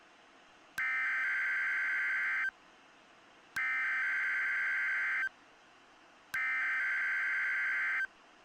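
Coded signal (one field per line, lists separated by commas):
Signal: Emergency Alert System (SAME) tones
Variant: header bursts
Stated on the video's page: Valid EAS tones in self-made EAS screen recreations.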